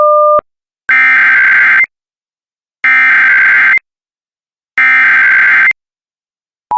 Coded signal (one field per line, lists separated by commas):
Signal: Emergency Alert System (SAME) tones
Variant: header bursts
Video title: (CANCELLED) EAS #157 - Georgia Child Abduction Emergency (2/20/2023)